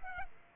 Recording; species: mosquito wingbeat signal from an infrared sensor; Aedes aegypti